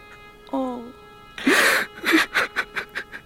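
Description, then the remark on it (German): A large man who has nearly drowned cries out in a short wavering moan, then lets out a loud ragged gasp followed by a run of quick, shuddering sobbing breaths that gradually weaken. “mein heulender Held. Komm, lass dich in die Arme nehmen.”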